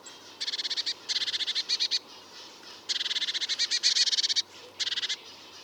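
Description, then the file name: Eurasian blue tit calls: rapid bursts of high, churring repeated notes in several series, with a faint low hum underneath. "Cyanistes caeruleus"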